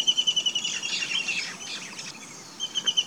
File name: White-throated kingfisher call alok